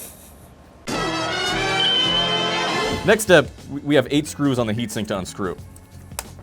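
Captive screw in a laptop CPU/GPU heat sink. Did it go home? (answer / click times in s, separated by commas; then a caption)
released / 6.2 s. Music plays from about 0.9 s, then someone talks as a spring-loaded captive screw holding a metal heat sink on a laptop CPU/GPU is unscrewed. A sharp click at 6.2 s marks the captive screw coming free, confirming it has released.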